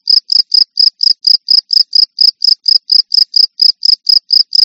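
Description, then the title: Cricket calling with a constant quick train of shrill pulses, alone in quiet surroundings. "jangkrik"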